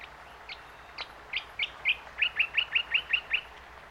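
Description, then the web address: Bird calls: scattered high chirps, then a fast, even series of about seven sharp downslurred notes repeated several times a second. Ambience of birds recorded in botanic gardens at Yandina. "Sound Effects-Foundation 1 AMBIENCE YANDINA BOTANIC GARDENS BIRDS"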